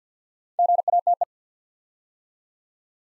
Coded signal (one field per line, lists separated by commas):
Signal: Morse code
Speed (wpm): 49 wpm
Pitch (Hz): 700 Hz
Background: none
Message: GATE